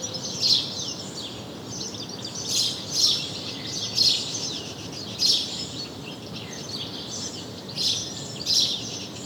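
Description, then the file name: House sparrow chirps: bright, harsh notes in short bursts at irregular intervals, over a steady low background hiss. "Passer domesticus"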